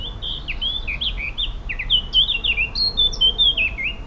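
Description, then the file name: Eurasian blackcap singing a continuous, fast, jumbled warble of bright whistled and scratchy notes rising and falling throughout, with low background rumble. "Sylvia atricapilla"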